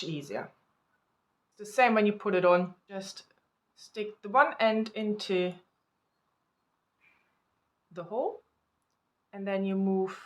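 Someone talks while fitting a watch band's quick-release spring pin into the case lug of a Gard Pro Smart Health Watch 2 Plus smartwatch. One end of the pin is stuck into the lug hole, lining it up before the band is moved. Nothing has clicked or seated yet.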